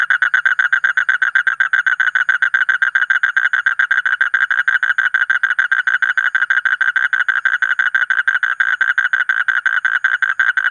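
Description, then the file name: Asian common toad producing an unbroken, rapid trill of evenly spaced pulses, steady in pitch and loudness throughout. "suara kodok bangkong kolong kodok buduk"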